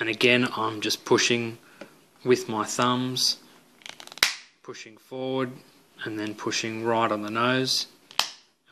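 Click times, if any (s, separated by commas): 8.2 s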